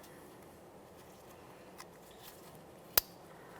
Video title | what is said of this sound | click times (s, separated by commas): How to Replace Rear Wheel Bearing & Hub Assemblies 2014-2019 Toyota Corolla | There we are, audible click from both those locking tabs. | 1.8 s, 3.0 s